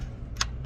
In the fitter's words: Nice little solid click there. Cool.